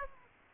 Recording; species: mosquito wingbeat signal from an infrared sensor; Aedes aegypti